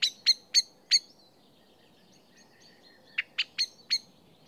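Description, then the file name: Common blackbird hard chinking calls, four quick notes, a pause with faint background twitters, then four more. "Turdus merula"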